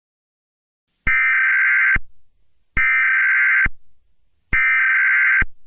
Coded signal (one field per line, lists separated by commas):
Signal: Emergency Alert System (SAME) tones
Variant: header bursts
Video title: eas scenario catemojibabyheat part 19